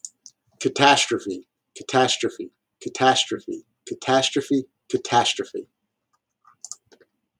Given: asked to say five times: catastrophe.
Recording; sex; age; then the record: repeated word; male; 30 to 39 years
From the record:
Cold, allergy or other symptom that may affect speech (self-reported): no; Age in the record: 39 years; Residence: New Jersey, United States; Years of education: 16